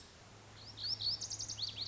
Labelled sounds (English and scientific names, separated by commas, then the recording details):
Lazuli Bunting (Passerina amoena)
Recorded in Sonoma County, California